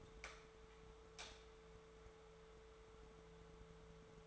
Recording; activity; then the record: daily activity, microphone in the room; light on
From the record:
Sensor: 3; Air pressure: 1014.7 hPa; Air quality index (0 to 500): 192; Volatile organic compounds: 24 ppm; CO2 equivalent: 2800 ppm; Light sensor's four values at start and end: 38/95/41/44 and 31/80/34/35